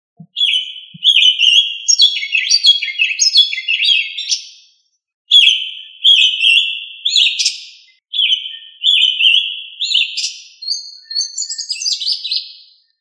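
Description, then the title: Thrush delivering several rich whistled phrases, each opening with fluty notes and ending in high, jumbled twitters, separated by short pauses. "Familia Turdidae - Sabia"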